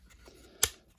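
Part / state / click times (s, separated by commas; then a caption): plastic figure chest plate into jet-mode body / seated / 0.6 s. The plastic chest plate of a transforming toy figure is pushed up and tabbed into the jet-mode body to finish its jet mode. A single sharp snap is heard at 0.6 s against a quiet background, then fades quickly. The chest plate is seated in place.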